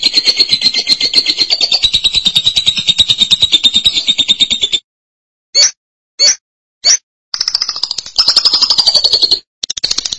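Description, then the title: Lovebird song: an extended rapid high trill, three quick separate chips, then renewed stretches of buzzy trilling. "BM Suara Burung Lovebird"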